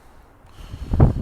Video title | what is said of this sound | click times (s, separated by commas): Volvo V70 D5 Washer Pump Replacement / Front Bumper Removal | so just a good push and you will hear the click | 1.0 s